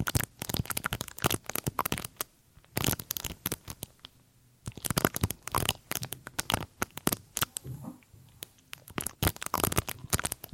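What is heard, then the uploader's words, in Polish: Ear cleaning sounds made of dense, crackly scratching and sharp clicks that come in rapid clusters. The bursts stop briefly near two seconds and again for a longer quiet stretch around four seconds, then resume just as busy and bright until the end. CZYSZCZENIA USZU ASMR po polsku.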